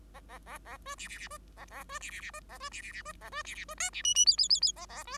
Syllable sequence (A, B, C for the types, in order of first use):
A A A A B C C C B A A B C C C B A B C C C B A B C C B D C E E F F F F A A B